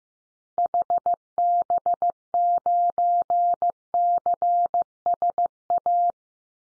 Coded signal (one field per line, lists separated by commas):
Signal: Morse code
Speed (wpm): 15 wpm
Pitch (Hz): 700 Hz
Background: none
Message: HB9CSA